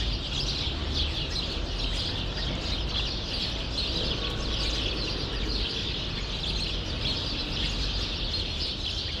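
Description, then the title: Sparrows keep up a constant, dense twittering chorus of high chirps over a steady low background rumble. Sparrows in a grove in Brussels, Belgium; recorded with AB-spaced stereo microphones into a portable field recorder. "Rue Saint-Jean Népomucène 13, 1000 Bruxelles, Belgique - Sparrows - Moineaux"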